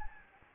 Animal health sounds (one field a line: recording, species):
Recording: mosquito wingbeat signal from an infrared sensor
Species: Anopheles gambiae